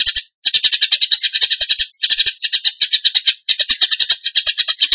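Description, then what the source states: Bird song in fast bursts of rasping, high-pitched pulses, broken by brief pauses into phrases. Song in the 'tembakan gacor' style, used to train other birds.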